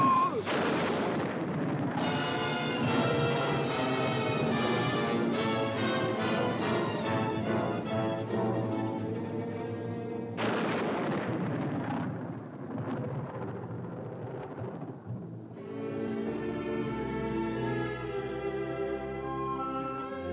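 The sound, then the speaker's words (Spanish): A loud, sustained thunderstorm effect in a cartoon opera scene: heavy rumbling crashes blended with dramatic, tonal music, surging in several long waves with brief breaks between them and no clear talking. “¡Rayos, truenos!”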